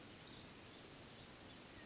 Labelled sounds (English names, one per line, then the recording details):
Western Flycatcher
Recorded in Sonoma County, California